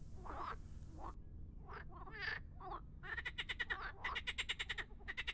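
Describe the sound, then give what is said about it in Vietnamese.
A dense chorus of frogs, each larger than a human hand, crowded in a grave pit and crawling over one another, croaking: scattered calls build into a rapid, pulsing series of overlapping rasping croaks, fairly loud with no talking. “Vô số những con ếch phải lớn hơn bàn tay của người đang ngóc đầu, dừng đôi mắt đỏ nhìn lên trên miệng huyệt.”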